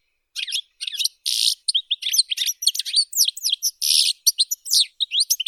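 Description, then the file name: European goldfinch song: a rapid, tinkling run of twittering notes, liquid trills and buzzy bursts, nearly continuous with short gaps. "Golosa ptic - CSHegol Carduelis carduelis"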